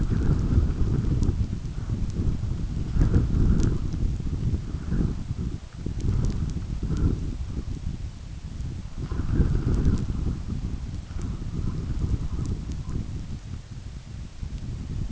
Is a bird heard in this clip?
no